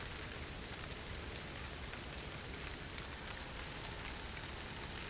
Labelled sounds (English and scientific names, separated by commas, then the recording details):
none
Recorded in secondary vegetation near Puerto Asís, Putumayo, Colombia, on 20 December 2024 at 15:00
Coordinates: 0.489, -76.322
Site G059